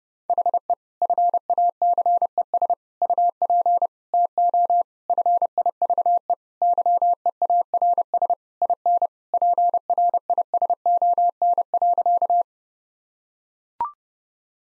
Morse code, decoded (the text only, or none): HE FACES UP TO FIVE YEARS IN PRISON.